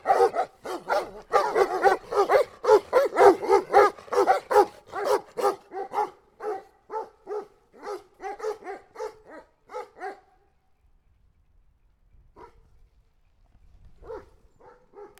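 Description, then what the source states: Dogs barking rapidly together, dense overlapping barks at first that thin out and slow, then stop, with only a few scattered barks near the end. Two dogs barking in a polyrhythmic duo.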